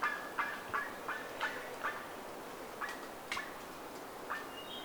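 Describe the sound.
Bird giving short, harsh calls in an uneven series over a steady background hiss.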